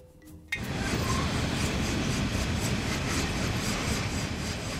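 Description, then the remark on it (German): A coal freight train with open wagons rumbles past in Colombia's Cesar mining region, carrying coal to a loading station. A dense, steady roar of rolling wheels and rattling cars starts abruptly after a brief quiet moment and holds loud throughout. “Züge mit bis zu 100 offenen Waggons bringen die Kohle von Drummond und Glencore zur Verladestation.”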